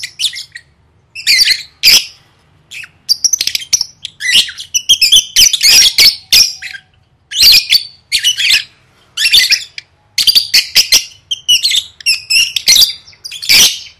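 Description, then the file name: Lovebird squawks: rasping, high-pitched bursts and chirps in uneven bunches, broken by brief pauses throughout. "tieng vet mau don"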